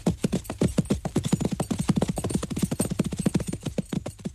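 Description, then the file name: Horses running: rapid, heavy hoof thuds in close, uneven succession, a loud clattering gallop throughout. Many horses. "muchos caballos"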